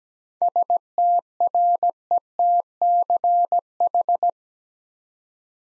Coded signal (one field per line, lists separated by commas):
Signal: Morse code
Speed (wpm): 17 wpm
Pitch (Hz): 700 Hz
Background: none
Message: STRETCH